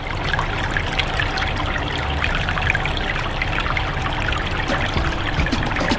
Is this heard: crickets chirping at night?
no